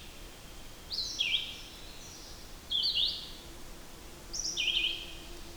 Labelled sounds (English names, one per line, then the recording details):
Red-eyed Vireo song
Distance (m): 20 m
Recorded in boreal forest in Alberta, Canada, on 8 June 2016 at 07:57
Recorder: SongMeter 3, array SBT-3-9
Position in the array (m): 10 m, 113 m